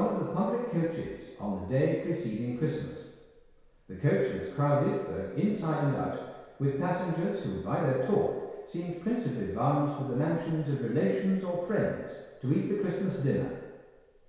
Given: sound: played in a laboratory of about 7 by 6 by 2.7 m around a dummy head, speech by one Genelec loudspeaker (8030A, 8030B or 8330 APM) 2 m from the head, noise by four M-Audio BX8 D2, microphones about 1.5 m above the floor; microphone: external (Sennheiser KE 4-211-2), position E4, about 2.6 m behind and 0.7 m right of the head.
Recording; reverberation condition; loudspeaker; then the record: male speech in English; high; 150 degrees to the right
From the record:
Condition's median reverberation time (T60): about 1300 ms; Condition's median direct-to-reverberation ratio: about -4.0 dB